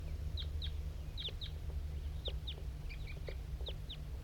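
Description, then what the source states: Crossbill calls as short, sharp downward chip notes, given singly and in pairs at irregular intervals over a low rumble. Recording session with the recordist's crossbill 5-3 as a wild crossbill comes in; which bird is calling here is not stated.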